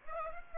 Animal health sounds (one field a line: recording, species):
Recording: mosquito wingbeat signal from an infrared sensor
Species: Aedes aegypti